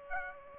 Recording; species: mosquito wingbeat signal from an infrared sensor; Aedes aegypti